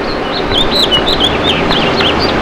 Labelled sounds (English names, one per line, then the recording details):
House Finch song
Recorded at Montauk on Long Island, New York, on 15 June 2013
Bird K